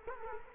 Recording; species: mosquito wingbeat signal from an infrared sensor; Culex quinquefasciatus